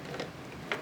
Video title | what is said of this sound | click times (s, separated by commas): Slave I Vintage Collection Review + How to fix wings | then we're gonna hear a click and | 0.7 s